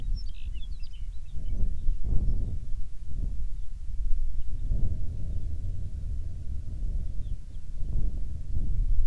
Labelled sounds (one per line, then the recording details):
songbird
wind
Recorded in the Prudhoe Bay oil fields, Alaska, on 6 June 2019 at 09:57
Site 16